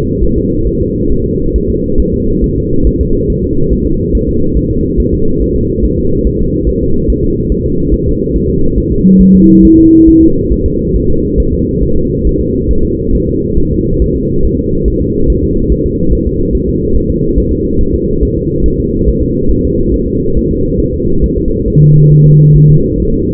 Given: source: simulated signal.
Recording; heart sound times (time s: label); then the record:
fetal heart sounds
0.24 s: S1
0.38 s: S2
0.67 s: S1
0.81 s: S2
1.12 s: S1
1.26 s: S2
1.56 s: S1
1.70 s: S2
2.00 s: S1
2.14 s: S2
2.44 s: S1
2.58 s: S2
2.87 s: S1
3.01 s: S2
3.30 s: S1
3.44 s: S2
3.73 s: S1
3.87 s: S2
4.15 s: S1
4.29 s: S2
4.57 s: S1
4.71 s: S2
5.00 s: S1
5.14 s: S2
5.42 s: S1
5.56 s: S2
5.85 s: S1
5.99 s: S2
6.27 s: S1
6.41 s: S2
6.69 s: S1
6.83 s: S2
7.10 s: S1
7.24 s: S2
7.52 s: S1
7.66 s: S2
7.94 s: S1
8.08 s: S2
8.36 s: S1
8.50 s: S2
8.78 s: S1
8.92 s: S2
9.21 s: S1
9.35 s: S2
9.65 s: S1
9.79 s: S2
10.09 s: S1
10.23 s: S2
10.53 s: S1
10.66 s: S2
10.96 s: S1
11.10 s: S2
11.40 s: S1
11.54 s: S2
11.83 s: S1
11.97 s: S2
12.27 s: S1
12.41 s: S2
12.71 s: S1
12.85 s: S2
13.15 s: S1
13.28 s: S2
13.58 s: S1
13.72 s: S2
14.02 s: S1
14.16 s: S2
14.45 s: S1
14.59 s: S2
14.88 s: S1
15.02 s: S2
15.30 s: S1
15.44 s: S2
15.72 s: S1
15.86 s: S2
16.13 s: S1
16.27 s: S2
16.55 s: S1
16.69 s: S2
16.96 s: S1
17.10 s: S2
17.38 s: S1
17.52 s: S2
17.81 s: S1
17.95 s: S2
18.23 s: S1
18.37 s: S2
18.66 s: S1
18.80 s: S2
19.09 s: S1
19.23 s: S2
19.51 s: S1
19.65 s: S2
19.94 s: S1
20.08 s: S2
20.37 s: S1
20.51 s: S2
20.80 s: S1
20.94 s: S2
21.24 s: S1
21.38 s: S2
21.68 s: S1
21.82 s: S2
22.12 s: S1
22.26 s: S2
22.56 s: S1
22.70 s: S2
23.00 s: S1
23.14 s: S2
From the record:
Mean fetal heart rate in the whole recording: 140 bpm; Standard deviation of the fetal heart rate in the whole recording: 2 bpm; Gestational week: 34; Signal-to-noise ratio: -16.4 dB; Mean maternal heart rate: 72 bpm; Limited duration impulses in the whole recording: present